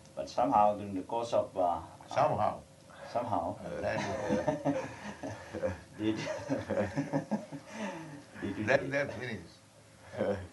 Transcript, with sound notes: But somehow during the course of...
Somehow.
Somehow. [laughs]
Then they're finished.